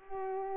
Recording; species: mosquito wingbeat signal from an infrared sensor; Culex pipiens